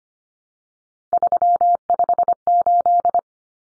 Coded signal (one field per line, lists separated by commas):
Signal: Morse code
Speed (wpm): 25 wpm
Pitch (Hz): 700 Hz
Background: none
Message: 358